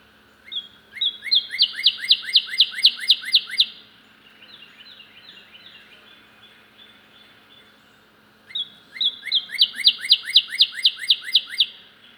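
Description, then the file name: Northern cardinal singing two bursts of fast repeated slurred whistles, about four per second, separated by a quieter softer twittering passage. Loud male. "loud male cardinal bird"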